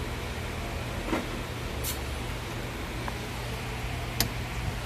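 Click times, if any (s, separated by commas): 4.2 s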